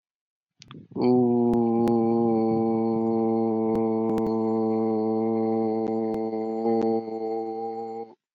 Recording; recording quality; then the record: sustained vowel as in boot; excellent, no background noise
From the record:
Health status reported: healthy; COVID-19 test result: not tested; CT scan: not taken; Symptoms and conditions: cold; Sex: male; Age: 29 years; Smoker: no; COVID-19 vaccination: one dose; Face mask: not worn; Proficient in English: yes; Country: India